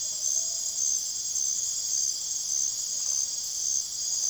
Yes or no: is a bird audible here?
no